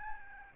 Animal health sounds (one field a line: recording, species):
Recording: mosquito wingbeat signal from an infrared sensor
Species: Aedes albopictus